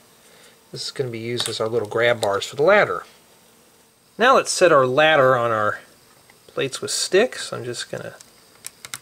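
Someone talks while building a yellow LEGO playground slide, placing a plastic toy-brick ladder onto plates fitted with sticks that serve as grab bars. A few brief, light handling ticks come near the end, around 8.7, 8.9 and 9.1 seconds. The ladder has not snapped or seated yet.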